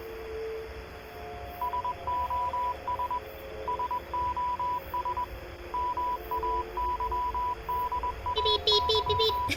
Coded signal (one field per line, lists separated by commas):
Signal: Morse code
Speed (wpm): 21 wpm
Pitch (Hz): 990 Hz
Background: none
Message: SOS SOS MAYDAY